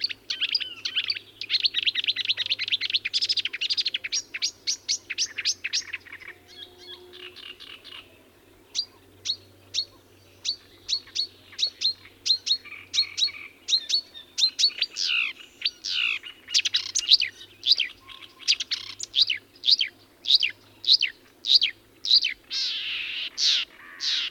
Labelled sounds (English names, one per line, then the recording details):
Marsh Warbler song
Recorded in the wild
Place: Lütow, Insel Usedom, Mecklenburg-Vorpommern, DE
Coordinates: 54.032, 13.888
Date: 1975-06-13 03:30
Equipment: Nagra III BH, Sennheiser MD 21, parabola
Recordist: Schubert, Michael